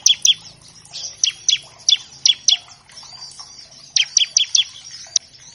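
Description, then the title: Bar-winged Prinia song: short bursts of sharp, high, down-slurred chips, with quieter chattering between bursts. Loud, chatty ciblek used as a master track to train captive songbirds of all kinds and to prompt them to start singing quickly. "Masteran Ciblek Gacor Vs Kenari Gacor Untuk Masteran Semua Jenis Burung. Pancingan Ciblek bahan agar cepat bunyi. Burung Ciblek"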